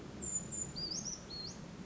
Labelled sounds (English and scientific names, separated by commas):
Brown Creeper (Certhia americana)